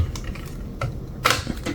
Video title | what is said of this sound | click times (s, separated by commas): How To Get A Free Anycubic Kobra 3 Hot End Replacement | just like that two clicks and we are set to go | 0.8 s, 1.3 s